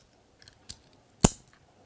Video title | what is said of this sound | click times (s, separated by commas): Aparelho invisível funciona? Quanto custam os alinhadores + botox bruxismo (atualização) | o de baixo não sei se vocês ouviram um clique O Clique é a pecinha encaixando no ataque | 1.2 s